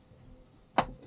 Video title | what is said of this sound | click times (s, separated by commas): Cdory 22 Cruiser - The Perfect Small Adventure Boat? | think there's one more snap here | 0.8 s